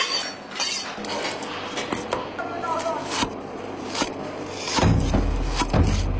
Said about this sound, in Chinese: 经过冷冻的白肉更加密制紧实，要把它切成1.5到2毫米之间的薄片，这是考验一个砂锅菜厨师能否出徒的关键。